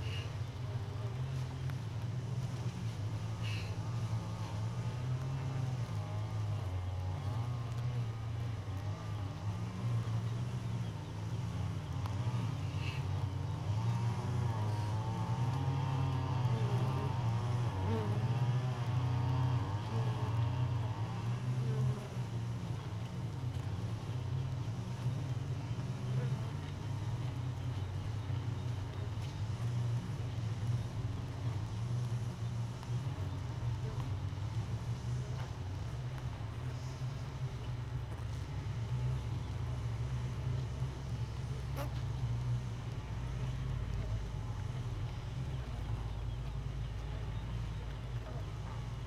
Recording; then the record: honeybee colony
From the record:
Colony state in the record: missing queen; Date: 31 May 2018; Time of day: 5:00